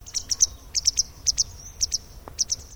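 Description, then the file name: Tit calls: thin, very high notes in quick clusters of two or three, repeated throughout, with one brief lower tick near the end. Pair of birds giving a calling sequence. "BIRD TIT PAIR CALL SEQUENCE 01"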